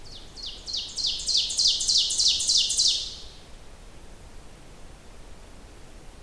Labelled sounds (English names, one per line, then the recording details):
Ovenbird song
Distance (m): 15 m
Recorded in boreal forest in Alberta, Canada, on 30 June 2016 at 07:05
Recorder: SongMeter 3, array SBT-6-79
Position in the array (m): 214 m, 19 m
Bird 39